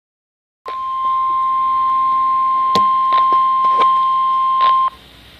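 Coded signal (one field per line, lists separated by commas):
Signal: Emergency Alert System (SAME) tones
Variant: 1050 Hz attention tone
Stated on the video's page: Required weekly test on NOAA Weather Radio transmitter serving Hampton Roads, received on an HH54 receiver whose alarm failed to activate.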